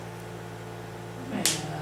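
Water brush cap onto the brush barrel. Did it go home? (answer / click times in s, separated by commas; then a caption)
yes / 1.5 s. After checking that no bristle sticks out, someone pushes the plastic cap onto the barrel of a Pentel large-point Aquash water brush pen over a steady low hum. A short rustling slide leads into a sharp, bright snap at 1.5 s. The cap is seated and clicked shut so it won't come off accidentally in a backpack.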